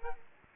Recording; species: mosquito wingbeat signal from an infrared sensor; Aedes aegypti